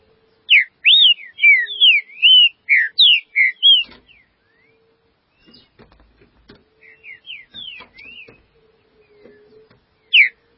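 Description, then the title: Green-winged saltator singing a rapid series of loud whistled slurs, then softer warbled notes, with a few faint clicks and knocks behind, and a last loud whistle. "Trinca Ferro"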